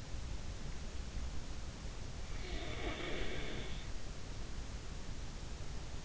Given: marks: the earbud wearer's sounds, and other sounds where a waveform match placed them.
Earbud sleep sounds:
sounds in sleep by an in-ear microphone; snoring breath
2.40-3.90 s: snoring breath

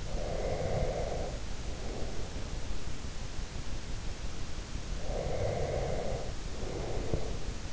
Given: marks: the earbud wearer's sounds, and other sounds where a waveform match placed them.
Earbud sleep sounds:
sounds in sleep by an in-ear microphone; breath
0.00-2.81 s: breath
4.91-7.48 s: breath

